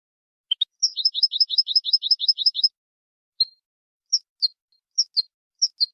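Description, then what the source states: European goldfinch song: a quick run of about a dozen paired, bright twittering notes, then a pause and scattered high single chirps. Training song for goldfinches, in the clean-song style called 'cante limpio'.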